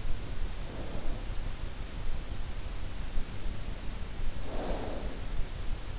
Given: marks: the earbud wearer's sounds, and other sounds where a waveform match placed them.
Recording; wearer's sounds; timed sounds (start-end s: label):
sounds in sleep by an in-ear microphone; snoring breath
0.11-2.29 s: snoring breath
4.21-5.13 s: snoring breath